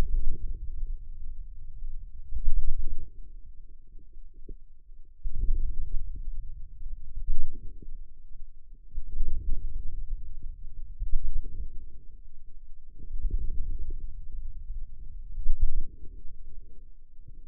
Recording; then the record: forearm muscle sounds (acoustic myography)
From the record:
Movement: ulnar deviation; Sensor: system 2, bracelet of six BSWA MPA416 microphones around the upper forearm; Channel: 5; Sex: male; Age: 22 years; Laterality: right